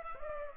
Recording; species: mosquito wingbeat signal from an infrared sensor; Culex pipiens